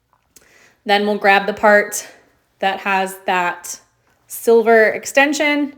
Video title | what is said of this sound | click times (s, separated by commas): Training: Juicing Celery | Now we're going to push it the other way. Lock it in. | 0.4 s